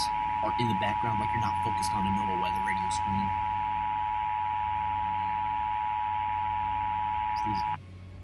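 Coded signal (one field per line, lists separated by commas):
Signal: Emergency Alert System (SAME) tones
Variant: 853 and 960 Hz attention tone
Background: speech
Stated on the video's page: Fictional tornado scenario alert tones, not a real broadcast.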